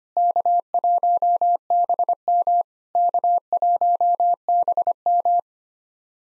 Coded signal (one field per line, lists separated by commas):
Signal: Morse code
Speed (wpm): 25 wpm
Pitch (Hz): 700 Hz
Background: none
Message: K1BM K1BM